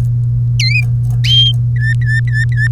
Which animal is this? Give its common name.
Domestic Canary